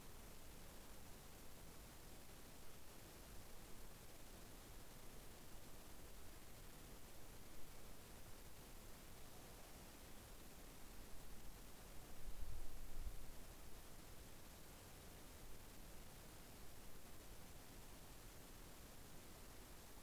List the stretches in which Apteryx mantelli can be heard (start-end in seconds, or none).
none